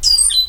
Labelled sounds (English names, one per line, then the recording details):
Stitchbird song
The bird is a male
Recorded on Tiritiri Matangi Island, New Zealand, in 2005
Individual 10, of nest box 12